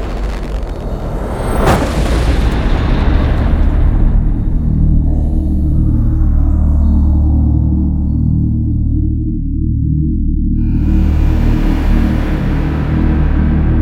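A dramatic cinematic hit lands near two seconds over a deep droning rumble, then a shimmering wash swells and fades before bright hiss returns.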